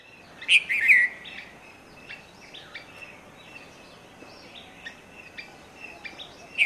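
Red-vented bulbul song: one bright bubbly phrase early, then scattered soft chirps over steady hiss, and a new phrase beginning at the end.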